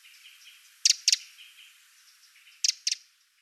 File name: Troglodytes troglodytes